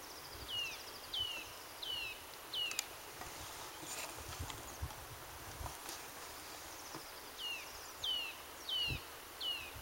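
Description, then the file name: Eurasian nuthatch calls: short, clear downslurred whistles given in quick runs of about four, a first series then another after a pause, over a soft steady hiss. "Sitta europaea"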